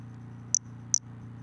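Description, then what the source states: White-lined pumpkin toadlet notes: two brief, piercing high chirps roughly 0.4 seconds apart above a low hum. Individual 13; unvouchered specimen.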